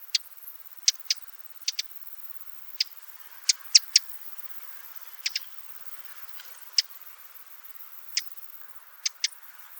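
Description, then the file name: Eurasian wren uttering crisp, dry tick notes, mostly in pairs or singly, spaced irregularly over quiet background. "Troglodytes troglodytes"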